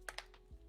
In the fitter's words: It should just snap on now.